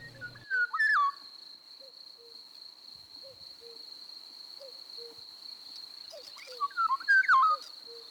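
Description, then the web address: Eurasian golden oriole song: two short fluty whistled phrases, swooping between low and higher pitch, one near the start and one near the end, over a steady high tone. "bioakusztika bioakusztika 14 sargarigo"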